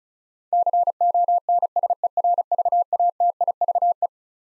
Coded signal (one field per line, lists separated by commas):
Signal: Morse code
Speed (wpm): 36 wpm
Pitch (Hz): 700 Hz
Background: none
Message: CONSERVATIVE